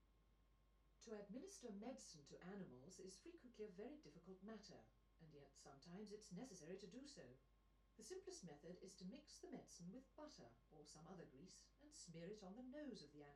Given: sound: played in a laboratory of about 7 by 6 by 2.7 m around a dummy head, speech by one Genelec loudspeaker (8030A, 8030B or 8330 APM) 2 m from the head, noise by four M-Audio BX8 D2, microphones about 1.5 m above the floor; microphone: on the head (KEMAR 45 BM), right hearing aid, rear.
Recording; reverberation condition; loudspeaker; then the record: female speech in English; low; 30 degrees to the left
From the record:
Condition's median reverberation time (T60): about 310 ms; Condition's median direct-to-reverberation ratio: about 3.5 dB